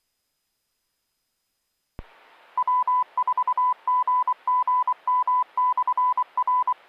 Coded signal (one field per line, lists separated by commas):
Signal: Morse code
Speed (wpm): 24 wpm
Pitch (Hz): 1000 Hz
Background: none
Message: W4GGM/R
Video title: 4-25-2021 Maury Amateur Radio Club "Newbie Net"